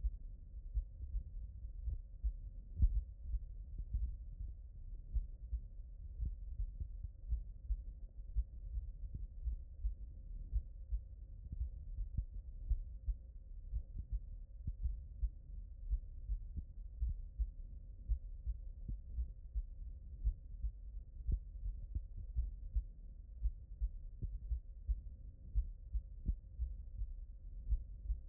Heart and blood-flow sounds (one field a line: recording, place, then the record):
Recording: heart sounds by stethoscope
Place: mitral valve (MV)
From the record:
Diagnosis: non-HFrEF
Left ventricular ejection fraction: 75%